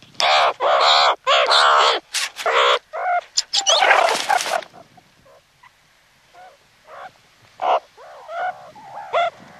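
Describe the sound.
Meerkat calls: a burst of loud, harsh squawks for about four and a half seconds, then softer scattered chirps and short calls fading in and out.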